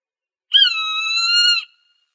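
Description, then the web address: Swainson's hawk calling once: a single strained, level whistled scream of about one second. Arizona, United States; recorded 1 December 2008. "Birds of Prey AZFO SWHA 081201. deviche"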